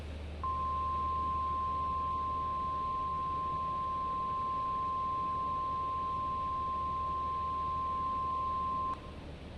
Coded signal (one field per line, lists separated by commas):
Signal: Emergency Alert System (SAME) tones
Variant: 1050 Hz attention tone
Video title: So Many Tornadoes, Every City is GONE!! (EAS Scenario Reaction)